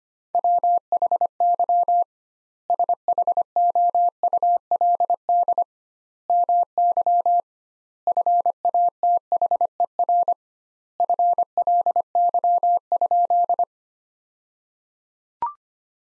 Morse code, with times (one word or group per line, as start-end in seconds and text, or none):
0.3-2.0 WHY
2.7-5.6 SHOULD
6.3-7.4 MY
8.1-10.3 FATHER
11.0-13.6 FLY?